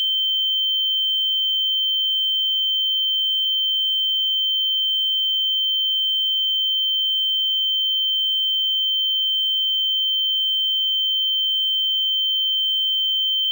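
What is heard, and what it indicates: A steady, continuous, high-pitched synthesized pure tone near 3 kHz, held unchanged throughout, simulating tinnitus.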